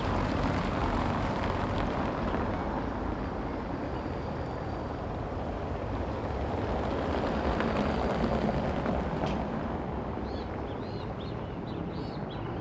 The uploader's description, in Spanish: Puente Ferroviario sobre Avenida Colón.